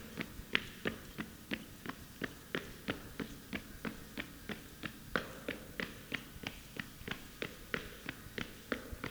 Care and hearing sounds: daily activity, guitar pickup as the sensor; run

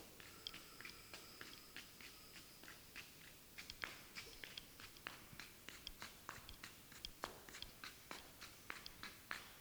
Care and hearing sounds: daily activity, guitar pickup as the sensor; run

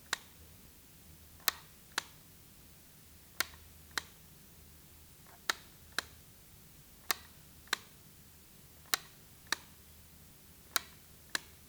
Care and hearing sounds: daily activity, guitar pickup as the sensor; operate light

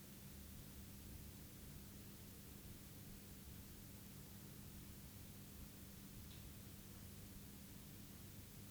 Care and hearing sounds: daily activity, guitar pickup as the sensor; sit

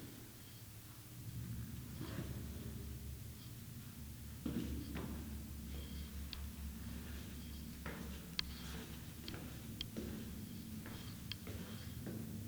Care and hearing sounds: daily activity, guitar pickup as the sensor; go downstairs

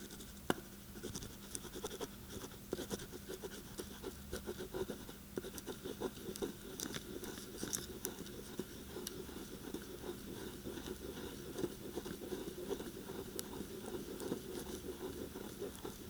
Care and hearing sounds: daily activity, guitar pickup as the sensor; write

